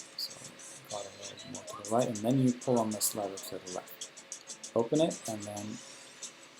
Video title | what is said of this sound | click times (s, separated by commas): Flexaret II Changing film | and then wind it again until it clicks in place so there so | 0.2 s